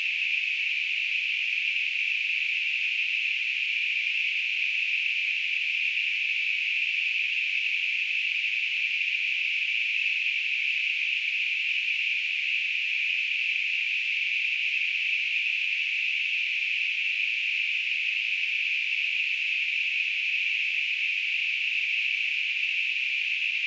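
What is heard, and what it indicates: A device-generated tinnitus simulation: a steady, unbroken band of hissing noise centered around 2.5 kHz. It holds at constant loudness throughout, with no low-pitched content.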